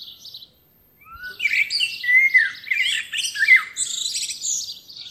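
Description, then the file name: Common blackbird song: a lower warbled phrase breaking into a rush of high, squeaky twittering notes, continuing in bursts after a brief pause near the start. "Turdus merula"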